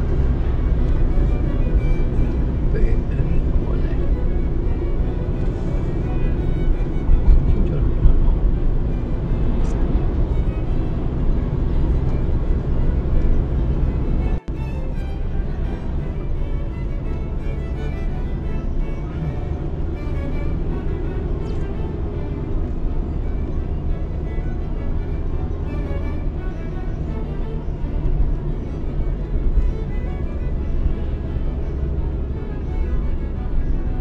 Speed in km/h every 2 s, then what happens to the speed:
50, 47, 46, 46, 47, 47, 50, 52, 52, 57, 64, 62, 61, 60, 57, 54, 51.
0-10 steady at about 47. 10-20 speeds up to 64. 20-34 slows to 51.